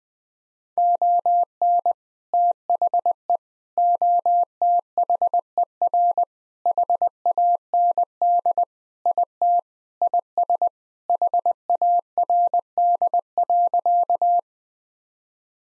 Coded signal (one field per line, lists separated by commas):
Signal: Morse code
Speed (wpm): 21 wpm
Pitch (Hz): 700 Hz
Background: none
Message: ON THE OTHER HAND IT IS HARD.